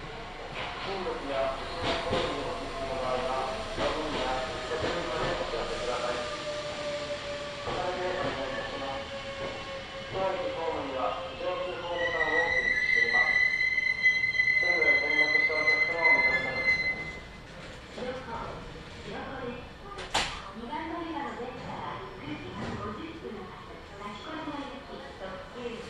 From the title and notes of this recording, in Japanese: 近鉄名古屋線各駅停車 塩浜→白子。